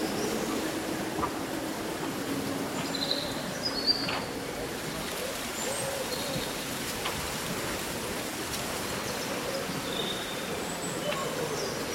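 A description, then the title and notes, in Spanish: On a windy summer day, leaves rustle in a steady, dense wash that fills the whole twelve seconds with a low rumble underneath. Short, high bird chirps break through now and then, with a slightly louder cluster around the fourth second. Un bosque bañado por el sol.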